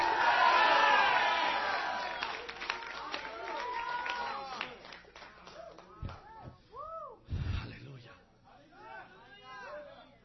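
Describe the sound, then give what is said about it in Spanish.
A church audience erupts in loud, overlapping shouts and cheers in response to a preacher's call for the children of God to shout. The shouts gradually die down over several seconds, leaving scattered voices and a few fading calls. “Si hay hijos de Dios aquí, dale un grito.”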